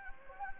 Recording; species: mosquito wingbeat signal from an infrared sensor; Anopheles gambiae